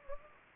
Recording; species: mosquito wingbeat signal from an infrared sensor; Anopheles arabiensis